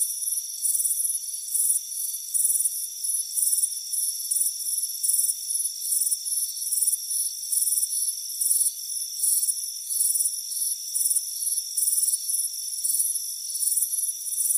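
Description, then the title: Crickets giving fast, high trilled chirps in a busy pulse, backed by continuous high tones. Warm afternoon on a front porch. "Soothing Crickets Chirping Sound"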